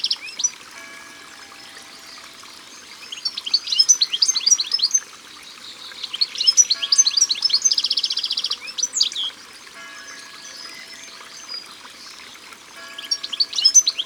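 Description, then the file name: European goldfinch song, repeated spells of rapid high twittering, one with a short buzzy trill, with quieter stretches in between. Recorded by the water. "Chardonneret elegant Au bord de leau"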